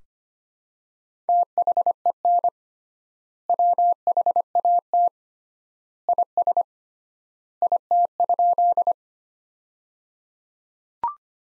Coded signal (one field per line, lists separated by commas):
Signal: Morse code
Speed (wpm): 25 wpm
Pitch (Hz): 700 Hz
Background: none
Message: THEN WHAT IS IT?